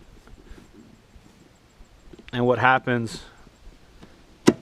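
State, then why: Torque reached. Someone talks briefly while turning an already tightened anti-strip saddlebag mounting bolt in a newer Harley-Davidson Road Glide motorcycle bag. A sharp click sounds at 4.5 s as the bolt slips instead of tightening further. The click confirms it cannot be over-tightened or stripped out.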